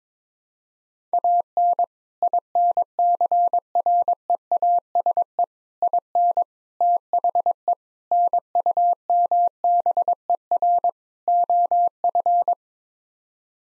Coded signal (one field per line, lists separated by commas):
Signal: Morse code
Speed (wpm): 22 wpm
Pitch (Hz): 700 Hz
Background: none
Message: AN INCREASE IN THE NUMBER OF